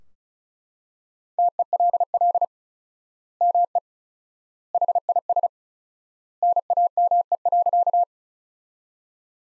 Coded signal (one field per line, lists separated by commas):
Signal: Morse code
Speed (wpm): 34 wpm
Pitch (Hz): 700 Hz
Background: none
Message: TELL ME HIS NAME.